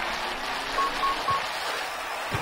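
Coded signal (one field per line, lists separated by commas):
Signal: none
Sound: racing game's timer beeps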